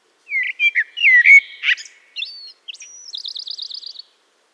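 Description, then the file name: Eurasian blackbird song: mellow warbled notes, then thin high squeaks and a fast, trilled, rippling ending. "Turdus merula"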